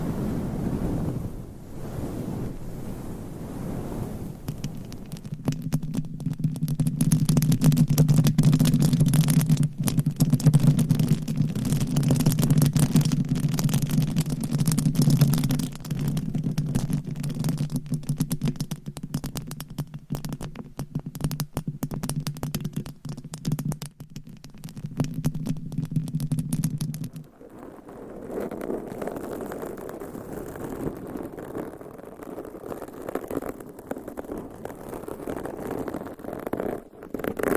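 Nails scratch a covered mic in dense, rapid rubbing bursts, with a low steady hum from about 5 to 27 seconds, then softer scratching.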